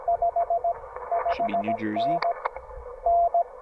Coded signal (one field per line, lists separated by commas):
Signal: Morse code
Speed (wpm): 17 wpm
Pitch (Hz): 700 Hz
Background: radio noise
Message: 55N N